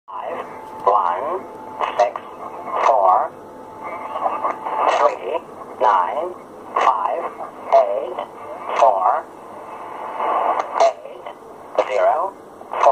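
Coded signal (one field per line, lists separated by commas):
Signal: numbers station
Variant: English Man, English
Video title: Zahlensender - Number Station - English Man - 11525kHz USB - 16.02.2020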